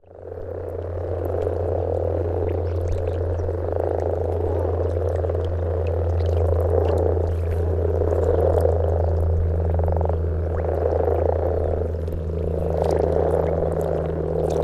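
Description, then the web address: Common frog chorus, a continuous mass of soft, low croaking purrs, with a constant deep hum beneath. Recorded in May 2021. "parc ela. grasfrosch"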